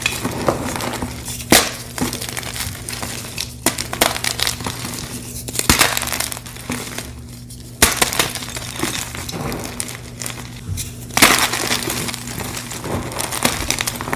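Blocks of gym chalk are crushed without pause, a dense, gritty crumbling and crackling that runs through the whole clip. Sharper snaps break through every two seconds or so, loudest near the middle and end. A steady low hum sits underneath.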